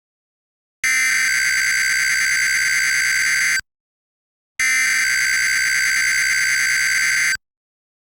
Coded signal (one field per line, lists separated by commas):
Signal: Emergency Alert System (SAME) tones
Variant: header bursts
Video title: West Coast False Alarm — An EAS Scenario